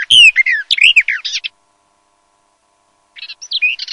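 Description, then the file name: Garden warbler song: a quick burst of rich, varied warbling notes lasting about a second and a half, a long pause, then a new phrase starting. "BECCAFICO"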